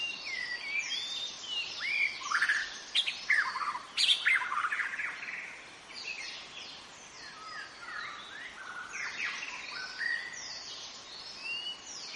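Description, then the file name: White-rumped shama singing dense, varied whistled and chattering phrases in quick succession, louder early on, with a constant high-pitched background hiss. Known locally as murai batu; in forest (hutan). "suara muraibatu hutan omkicau"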